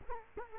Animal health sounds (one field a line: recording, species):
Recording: mosquito wingbeat signal from an infrared sensor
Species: Culex quinquefasciatus